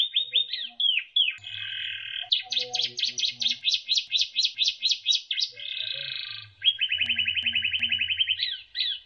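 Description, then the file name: Canary song of varied phrases: slurred notes, a fast rolling trill, then a buzzy rattle, all in quick succession. Canary song used as isian, song for training other birds. "suara kenari isian omkicau"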